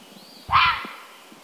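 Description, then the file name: Fisher letting out a short, rough screech that starts suddenly and fades within half a second, with soft thumps underneath. "Fisher cat sound"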